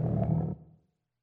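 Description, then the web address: Lion roar, a short deep rumbling burst lasting about half a second that fades quickly into silence. "Madacy Music Group Inc 292 Sound Effects. Lions"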